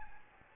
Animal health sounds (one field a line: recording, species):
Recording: mosquito wingbeat signal from an infrared sensor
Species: Aedes albopictus